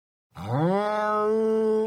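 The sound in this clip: Cat giving a single long, steady, moaning yowl that swells in quickly and holds one low, even pitch.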